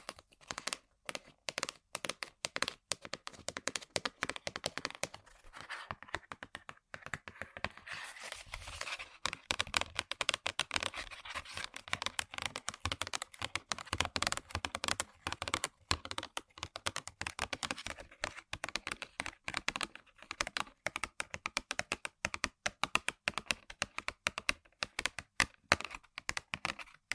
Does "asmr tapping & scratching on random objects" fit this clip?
yes